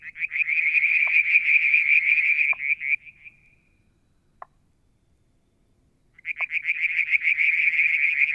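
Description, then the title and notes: Frogs: a dense pulsed high trill stops around three seconds, a lone lower knock sounds in the quiet, then the trill resumes. Striped marsh frog, Verreaux's tree frog and an unidentified frog calling one evening near a water tank, Mount Wilson, New South Wales, Australia, July 2022. "Frog song, Mount Wilson, New South Wales, Australia in July 2022 – by Alexander Moffatt. Limnodynastes Peronii, Litoria Verreauxii and a mystery frog one evening near the water tank"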